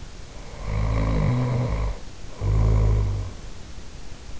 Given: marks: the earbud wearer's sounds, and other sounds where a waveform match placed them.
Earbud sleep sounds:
sounds in sleep by an in-ear microphone; snoring breath
0.53-3.49 s: snoring breath

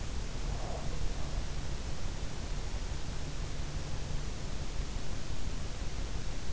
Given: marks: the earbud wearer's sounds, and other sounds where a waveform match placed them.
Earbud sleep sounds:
sounds in sleep by an in-ear microphone; breath
0.27-1.98 s: breath

